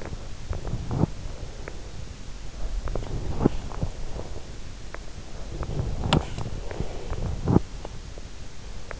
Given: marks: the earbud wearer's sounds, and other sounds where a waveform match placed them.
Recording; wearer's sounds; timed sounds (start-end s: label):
sounds in sleep by an in-ear microphone; teeth grinding, breath
0.39-1.19 s: teeth grinding
1.19-2.06 s: breath
2.64-4.49 s: teeth grinding
5.63-6.34 s: teeth grinding
6.41-7.36 s: breath
7.36-7.69 s: teeth grinding